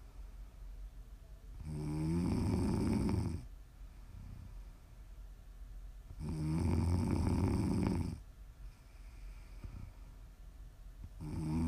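Prime ASMR snoring from a sleeping adult: loud, low-pitched snores about every five seconds, each lasting under two seconds, with quieter breathing between them.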